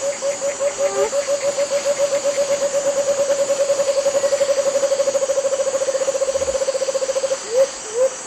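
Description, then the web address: Striated antthrush giving a long run of low hooting notes that speed up over about seven seconds, ending in two short rising whoops; insect drone throughout. Eastern lowlands of South America. "Natures Songs S America Eastern Lowlands. Striated Antthrush"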